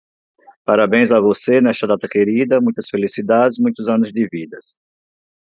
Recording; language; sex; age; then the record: short text; Brazilian Portuguese; male; 50 to 59 years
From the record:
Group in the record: control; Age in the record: 57 years